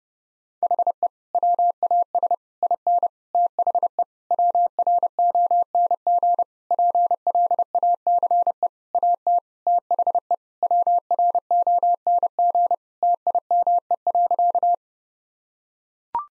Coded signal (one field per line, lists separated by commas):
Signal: Morse code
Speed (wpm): 30 wpm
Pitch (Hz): 700 Hz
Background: none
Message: HE WAS IN THE WRONG PLACE AT THE WRONG TIME.